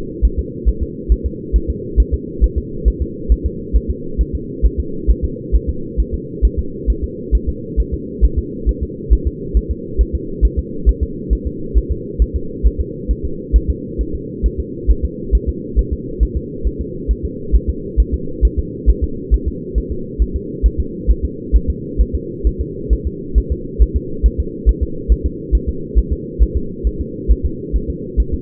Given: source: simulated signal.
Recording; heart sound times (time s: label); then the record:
fetal heart sounds
0.25 s: S1
0.39 s: S2
0.69 s: S1
0.83 s: S2
1.12 s: S1
1.26 s: S2
1.56 s: S1
1.70 s: S2
2.00 s: S1
2.14 s: S2
2.44 s: S1
2.58 s: S2
2.88 s: S1
3.02 s: S2
3.32 s: S1
3.46 s: S2
3.76 s: S1
3.90 s: S2
4.21 s: S1
4.35 s: S2
4.66 s: S1
4.80 s: S2
5.10 s: S1
5.25 s: S2
5.55 s: S1
5.69 s: S2
6.00 s: S1
6.14 s: S2
6.45 s: S1
6.59 s: S2
6.90 s: S1
7.04 s: S2
7.35 s: S1
7.49 s: S2
7.80 s: S1
7.94 s: S2
8.25 s: S1
8.39 s: S2
8.69 s: S1
8.83 s: S2
9.13 s: S1
9.27 s: S2
9.57 s: S1
9.71 s: S2
10.01 s: S1
10.15 s: S2
10.45 s: S1
10.59 s: S2
10.89 s: S1
11.03 s: S2
11.33 s: S1
11.47 s: S2
11.78 s: S1
11.92 s: S2
12.22 s: S1
12.36 s: S2
12.66 s: S1
12.81 s: S2
13.11 s: S1
13.25 s: S2
13.56 s: S1
13.70 s: S2
14.01 s: S1
14.15 s: S2
14.46 s: S1
14.60 s: S2
14.91 s: S1
15.05 s: S2
15.35 s: S1
15.49 s: S2
15.79 s: S1
15.93 s: S2
16.23 s: S1
16.37 s: S2
16.67 s: S1
16.81 s: S2
17.11 s: S1
17.25 s: S2
17.55 s: S1
17.69 s: S2
18.00 s: S1
18.14 s: S2
18.45 s: S1
18.59 s: S2
18.90 s: S1
19.04 s: S2
19.34 s: S1
19.48 s: S2
19.78 s: S1
19.92 s: S2
20.22 s: S1
20.36 s: S2
20.66 s: S1
20.80 s: S2
21.11 s: S1
21.25 s: S2
21.56 s: S1
21.70 s: S2
22.01 s: S1
22.15 s: S2
22.47 s: S1
22.61 s: S2
22.93 s: S1
23.07 s: S2
23.38 s: S1
23.52 s: S2
23.82 s: S1
23.96 s: S2
24.26 s: S1
24.40 s: S2
24.69 s: S1
24.83 s: S2
25.12 s: S1
25.26 s: S2
25.55 s: S1
25.69 s: S2
25.98 s: S1
26.13 s: S2
26.43 s: S1
26.57 s: S2
26.87 s: S1
27.01 s: S2
27.31 s: S1
27.46 s: S2
27.76 s: S1
27.90 s: S2
28.20 s: S1
28.34 s: S2
From the record:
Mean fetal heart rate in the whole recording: 135 bpm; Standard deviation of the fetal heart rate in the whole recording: 3 bpm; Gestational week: 34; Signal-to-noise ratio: -4.3 dB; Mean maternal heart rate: 72 bpm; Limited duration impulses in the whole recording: absent